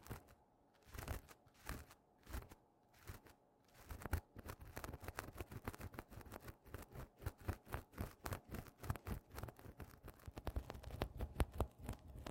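Scratching on tapestry cushions, slow separate strokes at first, then after four seconds quicker, denser rasping strokes that continue to the end.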